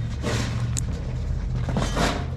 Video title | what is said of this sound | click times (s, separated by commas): Gravel is here! what fun | Clicks into place. Voila. | 0.8 s